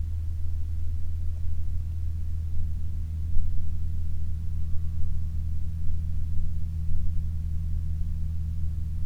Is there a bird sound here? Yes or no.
no